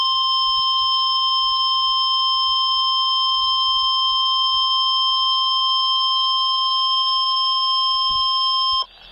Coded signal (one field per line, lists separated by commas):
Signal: Emergency Alert System (SAME) tones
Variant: 1050 Hz attention tone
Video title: EAS Required Weekly Test NE South Dakota and Western Minnesota NOAA Weather Radio (NWS Aberdeen, SD)